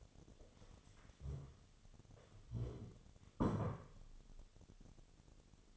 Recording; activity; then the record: daily activity, microphone in the room; stand up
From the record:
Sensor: 4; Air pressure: 1016.1 hPa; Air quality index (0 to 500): 168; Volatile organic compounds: 6 ppm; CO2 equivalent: 1911 ppm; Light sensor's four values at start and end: 9/20/8/7 and 9/20/8/7